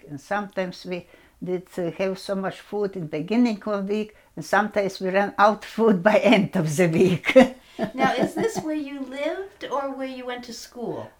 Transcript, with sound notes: And sometimes we didn't have so much food in beginning of week, and sometimes we ran out food by end of the week (she laughs)
Now is this where you lived or where you went to school.